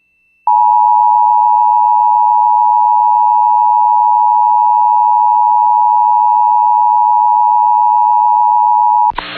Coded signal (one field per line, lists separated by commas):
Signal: Emergency Alert System (SAME) tones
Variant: 853 and 960 Hz attention tone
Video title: EAS Timeline Montana, North Dakota and South Dakota Severe Weather Outbreak NOAA Weather Radio